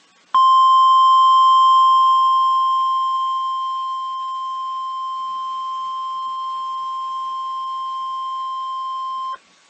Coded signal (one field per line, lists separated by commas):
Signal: Emergency Alert System (SAME) tones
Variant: 1050 Hz attention tone